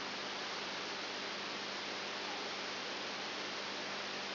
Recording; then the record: brain microelectrode recording played as sound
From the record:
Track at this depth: outside the subthalamic nucleus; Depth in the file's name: 7.5 mm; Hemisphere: right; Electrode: 2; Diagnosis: Parkinson's disease